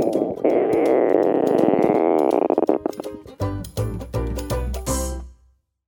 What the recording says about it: Stomach rumbles or your tummy growls, it often means it's time for food. That sound comes from a part of our body called the intestines. That rumbling or growling sound that you hear is air moving around your intestines.